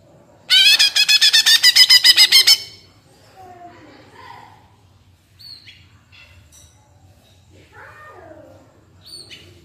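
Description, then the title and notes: Leafbird song opens with a loud, rapid run of about a dozen harsh, ringing notes over two seconds, then softer twittering and downslurred whistles. Cucak ijo singing gacor (constantly) and melodiously, ngentrok song style, crest raised (jambul nembak); used as a master recording for training captive birds. "Cucak Ijo Gacor Ngentrok Jambul Nembak. suara burung cucak ijo gacor, merdu cocok buat masteran burung cucak ijo"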